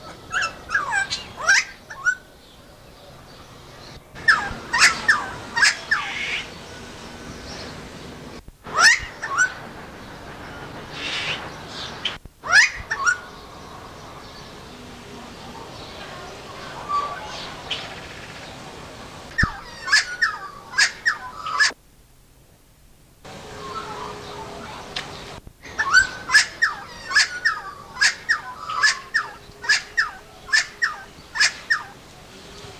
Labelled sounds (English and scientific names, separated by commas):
Helmeted Friarbird (Philemon buceroides) song